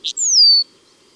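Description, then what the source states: Common linnet note: one brief chirp followed by a long, clear whistle that slides smoothly downward. Recorded in May.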